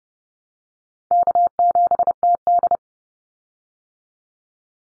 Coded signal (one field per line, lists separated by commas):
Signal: Morse code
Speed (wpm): 30 wpm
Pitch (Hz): 700 Hz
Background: none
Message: K7TD